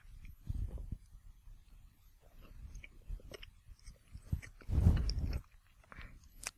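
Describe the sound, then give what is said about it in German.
Wet, smacking chewing sounds as someone eats one of two slices of bread spread with a dark, caramel-like spread, with irregular mouth noises and a louder burst of chewing midway, no talking. “Entschuldigung für das Schmatzen.”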